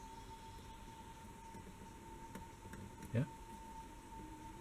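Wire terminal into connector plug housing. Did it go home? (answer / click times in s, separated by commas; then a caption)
no / none. A wire terminal is pushed into a plastic connector plug housing for the fog light wiring on a 2014 VW Golf/Jetta Wagon, with its flat side toward the center of the plug. Over a steady hum, faint taps are heard, then a short low thump around 3.2 s. The terminal has not clicked into the plug, though it holds when pulled gently.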